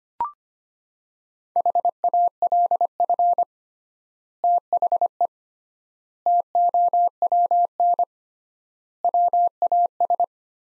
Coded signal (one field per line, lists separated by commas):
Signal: Morse code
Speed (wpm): 25 wpm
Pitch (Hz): 700 Hz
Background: none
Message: HALF THE TOWN WAS